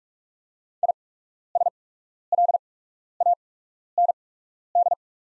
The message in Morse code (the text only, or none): ISLAND